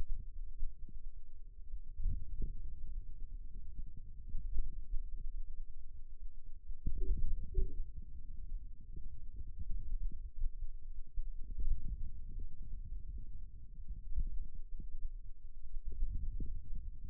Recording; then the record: forearm muscle sounds (acoustic myography)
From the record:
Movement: wrist extension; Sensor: system 2, bracelet of six BSWA MPA416 microphones around the upper forearm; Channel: 4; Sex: male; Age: 22 years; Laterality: right